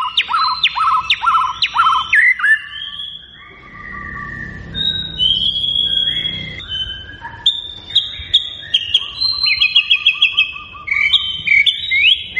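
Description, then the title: White-rumped shama song: a few repeated sharp notes, then long whistles, trills and varied warbled phrases. Lure song of a white-rumped shama singing actively, said to draw an immediate response. "PANCINGAN MEWAH MURAI BATU GACOR"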